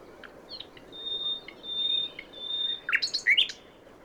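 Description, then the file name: Common nightingale song: a long thin level whistle, a few soft notes, then a few sharp rising chirps near the end. "Luscinia megarhynchos"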